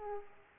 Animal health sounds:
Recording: mosquito wingbeat signal from an infrared sensor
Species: Aedes aegypti

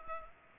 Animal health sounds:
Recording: mosquito wingbeat signal from an infrared sensor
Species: Culex pipiens

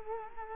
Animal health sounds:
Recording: mosquito wingbeat signal from an infrared sensor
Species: Culex quinquefasciatus

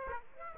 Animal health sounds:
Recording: mosquito wingbeat signal from an infrared sensor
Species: Aedes aegypti

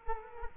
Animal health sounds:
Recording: mosquito wingbeat signal from an infrared sensor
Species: Culex quinquefasciatus

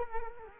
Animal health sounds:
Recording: mosquito wingbeat signal from an infrared sensor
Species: Culex quinquefasciatus

